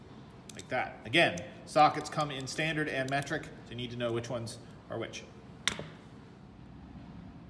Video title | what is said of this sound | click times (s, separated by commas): Hand Tools | and it comes right off and then you can snap it right on like | 0.5 s